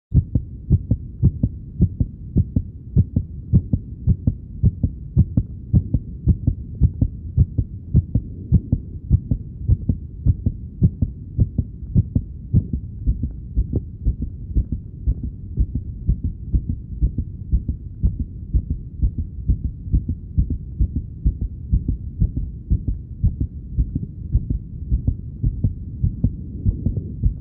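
Heartbeat at about 70 beats per minute, with a fluctuating rhythm: repeated low-pitched thumps.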